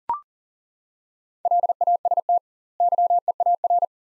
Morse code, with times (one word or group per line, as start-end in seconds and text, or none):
1.5-2.4 LAST
2.8-3.9 YEAR